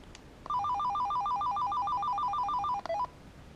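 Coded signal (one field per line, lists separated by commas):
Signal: none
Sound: walkie-talkie ringtone melody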